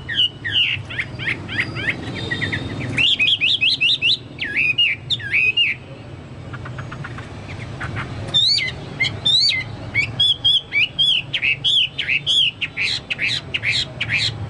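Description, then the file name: Chinese hwamei singing loud whistled phrases of repeated notes, with a quieter stretch midway and low hum underneath. "hwamei-2-omkicau"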